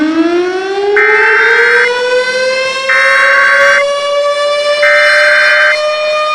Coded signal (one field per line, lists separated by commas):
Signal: Emergency Alert System (SAME) tones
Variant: header bursts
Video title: EAS Mock Tornado Emergency for Clinton, North Carolina (not real, fake) (1/17/2018)